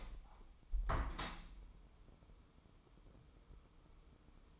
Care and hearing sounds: daily activity, microphone in the room; open window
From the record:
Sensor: 1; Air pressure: 1015.0 hPa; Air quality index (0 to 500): 25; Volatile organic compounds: 0 ppm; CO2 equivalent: 503 ppm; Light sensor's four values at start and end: 10/25/10/11 and 11/27/11/12

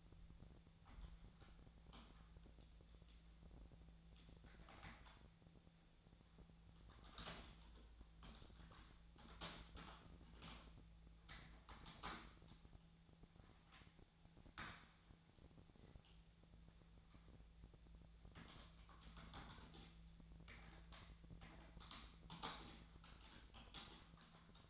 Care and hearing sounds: daily activity, microphone in the room; typing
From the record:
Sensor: 3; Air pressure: 1000.2 hPa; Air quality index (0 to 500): 138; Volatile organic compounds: 2 ppm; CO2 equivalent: 1222 ppm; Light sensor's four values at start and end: 37/96/40/44 and 37/95/40/44

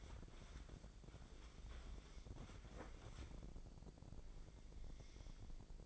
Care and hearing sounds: daily activity, microphone in the room; wipe stove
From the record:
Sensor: 5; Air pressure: 1012.4 hPa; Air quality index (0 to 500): 155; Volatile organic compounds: 2 ppm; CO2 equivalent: 1058 ppm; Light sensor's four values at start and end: 188/450/192/222 and 192/461/196/229

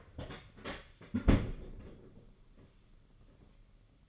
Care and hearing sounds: daily activity, microphone in the room; close fridge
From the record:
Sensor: 4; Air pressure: 995.3 hPa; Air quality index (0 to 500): 210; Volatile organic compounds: 226 ppm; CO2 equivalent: 4292 ppm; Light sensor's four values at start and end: 28/89/33/35 and 28/91/34/36

